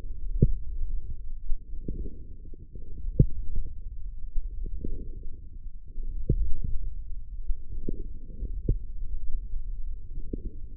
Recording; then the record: forearm muscle sounds (acoustic myography)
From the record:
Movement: forearm pronation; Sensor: system 1, eight BSWA MPA416 microphones around the upper forearm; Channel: 6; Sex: male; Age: 20 years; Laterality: left